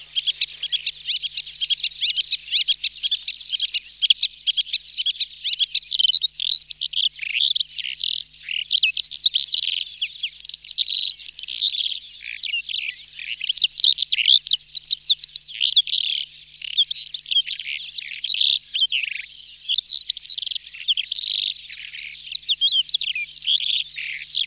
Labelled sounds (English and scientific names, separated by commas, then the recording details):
Calandra Lark (Melanocorypha calandra) song
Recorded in the wild
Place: Kalmückensteppe bei Senseli, RU
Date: 2006-05-18
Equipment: MiniDisc Sharp MT 20 H
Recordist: Schwarz, Dieter